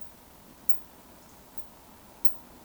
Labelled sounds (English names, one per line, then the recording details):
Eurasian Woodcock whistle
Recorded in Baden-Württemberg, Germany, on 11 June 2020 at 20:40 UTC
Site 14569, 102 m above sea level